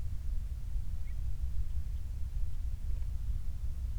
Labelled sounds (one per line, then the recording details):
songbird
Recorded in the Prudhoe Bay oil fields, Alaska, on 28 July 2019 at 06:17
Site 25